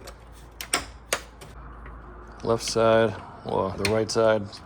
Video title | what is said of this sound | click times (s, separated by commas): Grille Insert Swap 4th Gen RAM 1500 | then we're just gonna line it up like we did the inserts and just push until they click. | 0.7 s, 1.1 s